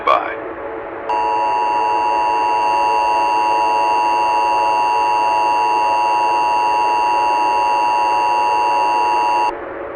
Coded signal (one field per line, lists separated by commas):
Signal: Emergency Alert System (SAME) tones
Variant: 853 and 960 Hz attention tone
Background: speech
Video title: Behind The Light - An EAS Scenario / Analog Horror (Obelisk: Part II)